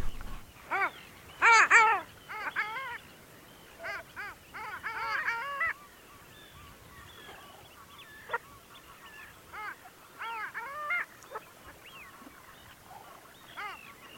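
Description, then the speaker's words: Long-tailed Duck calls: bouts of nasal, arched yodelling notes from several birds, starting and stopping, with quieter gaps between groups of calls. Its scientific name translates as loud or ringing winter bird, fitting at sea; breeds in June and July on fresh waters of the Arctic tundra; only occasionally seen in Germany in winter. "Und deswegen hören wir ihr noch ein bisschen zu, der wunderbaren Eisente, die eigentlich im Juni, Juli an den Süßgewässern der arktischen Tundra brütet"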